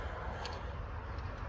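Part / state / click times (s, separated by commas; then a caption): fuel injector connector tube into cylinder head / not seated / none. A fuel injector connector tube is being pushed one-handed into the cylinder head of a 1998–2002 Dodge Cummins during injector replacement. A steady low-frequency rumble fills the clip, with a brief, sharp tick at about 0.5 s. The tube has not seated or clicked yet.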